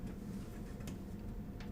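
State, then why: Not seated. A keyed plastic cable plug is handled and lined up with the L-shaped key at the edge of a motherboard socket over a steady low hum, with two brief faint ticks at about 0.9 s and 1.6 s. The plug has not seated or clicked home yet.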